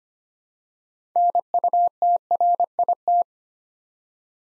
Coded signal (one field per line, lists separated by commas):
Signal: Morse code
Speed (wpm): 25 wpm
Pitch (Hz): 700 Hz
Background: none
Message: NUTRIT